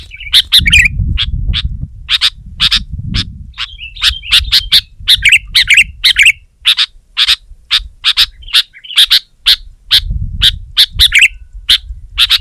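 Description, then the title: Sooty-headed bulbul making a dense series of sharp chirps and short warbles, irregularly spaced, with a low rumbling background. "kutilang"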